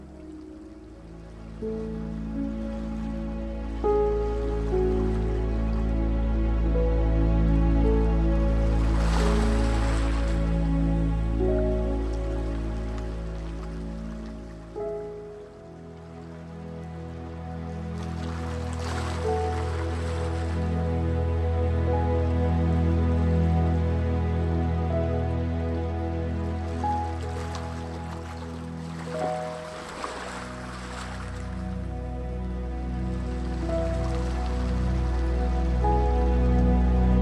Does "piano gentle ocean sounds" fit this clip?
yes